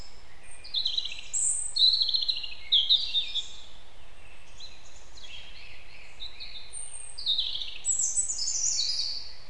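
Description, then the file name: European robin: varied high trills and liquid descending notes across several phrases, a short lull, then more sparkling notes near the end. "Erithacus rubecula"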